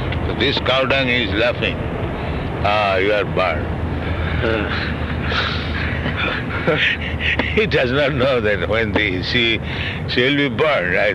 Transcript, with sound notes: So this cow dung is laughing, "Oh, you are burned." [laughter] He does not know that when the..., she will be burned.